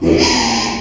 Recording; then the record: squeal of a Yucatan mini pig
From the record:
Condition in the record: after surgery on the right vocal fold (resection and tissue-engineered implant); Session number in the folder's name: 2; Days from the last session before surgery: 13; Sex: male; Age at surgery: 12 weeks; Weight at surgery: 13 kg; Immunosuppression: cyclosporine, prednisolone